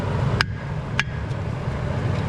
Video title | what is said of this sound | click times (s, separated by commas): white bird time | Hear it popping. | 0.4 s, 1.0 s